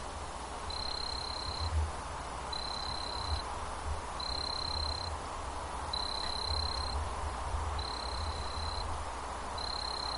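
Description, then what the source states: Kayahibari cricket singing evenly spaced high, thin trills, each about a second long, recurring about every two seconds against a constant low rumble. 14 May 2014.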